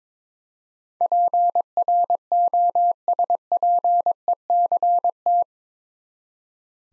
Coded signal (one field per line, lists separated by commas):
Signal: Morse code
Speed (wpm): 22 wpm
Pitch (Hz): 700 Hz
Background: none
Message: PROSPECT